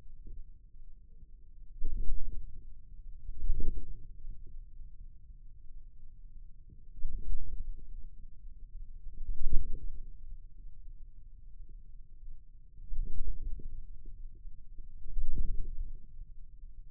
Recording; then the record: forearm muscle sounds (acoustic myography)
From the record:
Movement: wrist flexion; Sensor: system 2, bracelet of six BSWA MPA416 microphones around the upper forearm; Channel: 2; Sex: male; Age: 22 years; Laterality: right